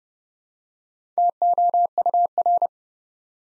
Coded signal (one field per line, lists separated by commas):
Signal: Morse code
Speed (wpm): 30 wpm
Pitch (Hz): 700 Hz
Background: none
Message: TOUR